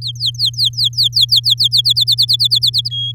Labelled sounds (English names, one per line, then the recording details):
Domestic Canary song
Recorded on 10 May 2018 at 07:12
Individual llb16